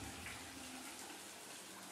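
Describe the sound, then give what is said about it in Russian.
A faulty shower runs in a steady, unbroken hiss of spray for the whole moment, its water switching between scalding and icy; fairly soft and even in level, with no voices over it. “Душ опять барахлил.”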